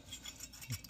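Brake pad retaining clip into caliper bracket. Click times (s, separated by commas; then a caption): 0.9 s. A metal brake pad retaining clip is pressed into the caliper bracket on the brake of a 2007 Chevrolet Silverado truck. Faint metallic clinks and a low thump around 0.7 s are followed by a short, sharp snap at 0.9 s as the clip seats; that snap confirms it is in place, since a clip that doesn't snap means something is not right.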